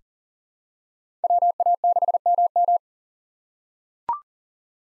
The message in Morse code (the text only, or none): WA6MM